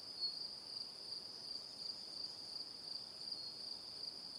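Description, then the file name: Shrill, unbroken cricket drone holds steady at a high pitch, with quiet background hiss. Evening. "Calm - Evening Crickets"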